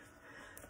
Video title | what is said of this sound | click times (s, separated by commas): What I got for my 21st birthday 🎉 | so it's locked | 0.6 s